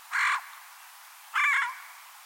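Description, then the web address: Bird giving two loud, raspy, squawking calls about a second apart, over low hiss. "Deverinetal 2025 File origin Bird Only"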